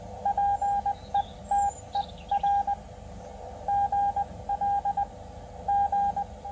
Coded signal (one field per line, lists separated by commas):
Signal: Morse code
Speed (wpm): 20 wpm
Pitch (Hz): 810 Hz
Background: none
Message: PETER GL G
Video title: Emergency & Portable - Simple HF Setup - Ham Radio